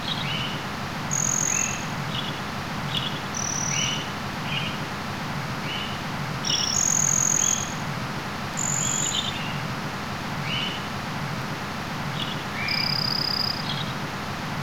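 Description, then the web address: Birds calling: thin, high, steady whistles at shifting pitches, mixed with short downslurred chirps repeated every second or two, over a constant low hiss. "ottelo birds"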